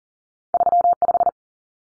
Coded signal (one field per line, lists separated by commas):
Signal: Morse code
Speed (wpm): 40 wpm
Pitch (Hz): 700 Hz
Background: none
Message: 35